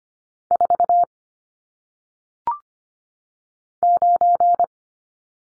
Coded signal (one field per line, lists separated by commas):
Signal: Morse code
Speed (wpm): 25 wpm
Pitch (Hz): 700 Hz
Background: none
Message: 4 9